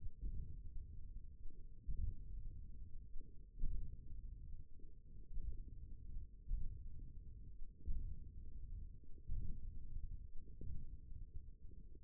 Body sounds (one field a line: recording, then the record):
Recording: forearm muscle sounds (acoustic myography)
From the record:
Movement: hook grip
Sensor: system 1, eight BSWA MPA416 microphones around the upper forearm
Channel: 4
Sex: male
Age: 28 years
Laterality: right